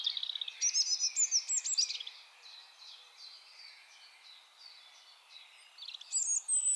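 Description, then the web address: European robin song: a loud sparkling phrase of rapid high notes, a quieter stretch of faint twitters, then another bright, high flourish at the end. "SETE Erithacus rubecula"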